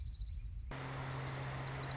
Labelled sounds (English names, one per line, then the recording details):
Orange-crowned Warbler
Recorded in Sonoma County, California